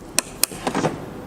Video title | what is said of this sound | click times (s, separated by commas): Election Training Part 1 #election #evm #vvpat | दो खट या एक साथ अगर गया तो एक खट की आवाज आएगी लेकिन दोनों क्लिप आपके बंद हो गए | 0.2 s, 0.4 s